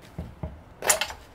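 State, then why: Released. A small white plastic clip-in pivot piece on the gearbox clutch fork of a 406 is pressed from underneath to release it. Two soft low knocks come first, then a sharp plastic snap at 0.9 s and another at 1.0 s as it unclips. The piece comes out.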